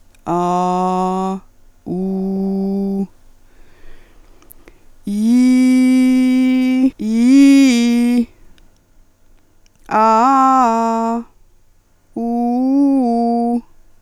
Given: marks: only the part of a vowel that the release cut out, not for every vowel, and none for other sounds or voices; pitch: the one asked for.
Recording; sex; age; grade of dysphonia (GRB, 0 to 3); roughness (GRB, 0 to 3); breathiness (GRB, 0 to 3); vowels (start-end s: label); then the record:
sustained vowels; female; 40 to 49 years; 1; 1; 0
0.32-1.32 s: vowel /a/, low pitch
1.94-2.99 s: vowel /u/, low pitch
7.05-8.03 s: vowel /i/, low-high-low pitch
9.97-11.12 s: vowel /a/, low-high-low pitch
12.22-13.52 s: vowel /u/, low-high-low pitch
From the record:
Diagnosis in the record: hyperfunctional dysphonia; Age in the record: 45 years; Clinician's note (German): Leichte Tendenz dazu bei ponogener Belastung